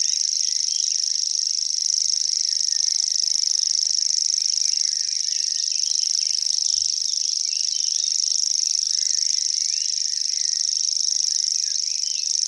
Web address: fuglelyder gresshoppesanger